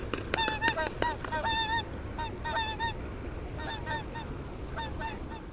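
Whooper swans giving bugling honks in short clusters over a rumbling low background noise, the calls softer toward the end.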